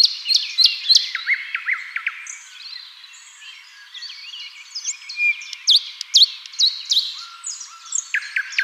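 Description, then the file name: Common nightingale song of varied sharp chirps and short repeated notes, broken by pauses. "Luscinia megarhynchos"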